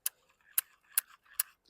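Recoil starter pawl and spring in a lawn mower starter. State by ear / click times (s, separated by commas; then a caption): not seated / none. The recoil starter on a red 2015 Troy-Bilt self-propelled lawn mower is worked by hand. Four sharp, bright ratcheting clicks land at about 0.1, 0.6, 1.0 and 1.4 seconds, with faint scraping between them. The spring-loaded pawl does not catch, so the starter only freewheels and nothing engages.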